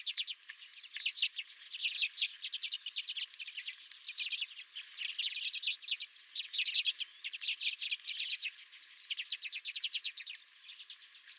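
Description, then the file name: Redpolls giving busy, buzzy twittering calls, rapid chit notes in clustered bursts with brief lulls between them. Several redpolls at the recordist's feeder. "Redpolls at My Feeder"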